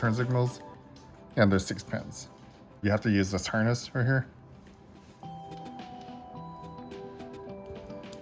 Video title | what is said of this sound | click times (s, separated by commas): Adding Headlight, Tail light, Horn to Razor MX125 electric motorcycle, 40V 350 watt motor | So it only clicks in one place like that. | 8.1 s